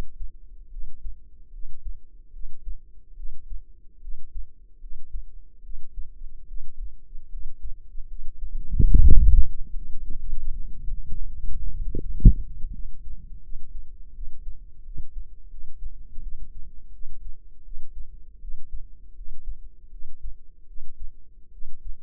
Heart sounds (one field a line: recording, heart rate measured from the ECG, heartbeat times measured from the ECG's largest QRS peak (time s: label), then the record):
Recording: heart sounds by microphone in the left ear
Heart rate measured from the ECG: 78 bpm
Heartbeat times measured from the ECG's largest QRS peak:
0.69 s: heartbeat
1.50 s: heartbeat
2.30 s: heartbeat
3.14 s: heartbeat
3.99 s: heartbeat
4.78 s: heartbeat
5.61 s: heartbeat
6.45 s: heartbeat
7.28 s: heartbeat
8.06 s: heartbeat
8.88 s: heartbeat
9.72 s: heartbeat
10.52 s: heartbeat
11.25 s: heartbeat
11.98 s: heartbeat
12.70 s: heartbeat
13.40 s: heartbeat
14.12 s: heartbeat
14.83 s: heartbeat
15.48 s: heartbeat
16.20 s: heartbeat
16.90 s: heartbeat
17.62 s: heartbeat
18.39 s: heartbeat
19.13 s: heartbeat
19.89 s: heartbeat
20.65 s: heartbeat
21.50 s: heartbeat
From the record:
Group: healthy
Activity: rest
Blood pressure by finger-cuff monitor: 118/80 mmHg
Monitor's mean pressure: 91 mmHg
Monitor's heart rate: 80 bpm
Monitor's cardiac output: 5.8 L/min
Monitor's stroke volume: 73 mL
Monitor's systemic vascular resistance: 1150 dyn s/cm5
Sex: female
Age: 22 years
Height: 160 cm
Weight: 45 kg